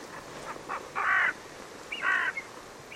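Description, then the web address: Bird giving harsh, raspy calls: a few short soft notes, then two loud grating caws about a second apart, over a steady low hiss. "Bird Only"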